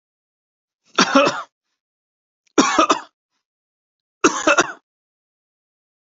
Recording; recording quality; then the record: shallow voluntary cough; excellent, no background noise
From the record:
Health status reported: healthy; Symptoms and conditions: diabetes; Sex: male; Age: 54 years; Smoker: not ticked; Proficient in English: yes